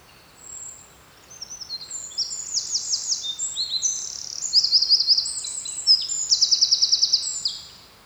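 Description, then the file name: Eurasian wren: after a brief soft note, a Eurasian wren launches into shrill, fast-paced song with repeated machine-gun trills, ending abruptly. "Troglodytes troglodytes"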